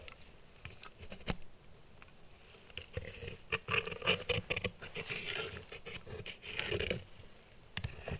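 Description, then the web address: Dog chewing a bone: irregular wet crunches, clicks and gnawing scrapes in uneven bursts, busiest in the middle seconds, with quieter pauses between. Domestic dog chewing and stripping a bone. "Tom Hutchings Dog Chewing And Stripping Bone"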